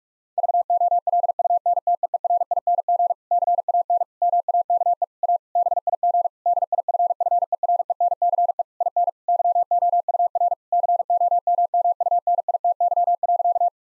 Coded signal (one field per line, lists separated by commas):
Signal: Morse code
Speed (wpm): 43 wpm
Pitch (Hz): 700 Hz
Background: none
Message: VOLUNTEERING CAN MAKE A BIG DIFFERENCE IN YOUR COMMUNITY.